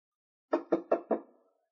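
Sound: knocking on a door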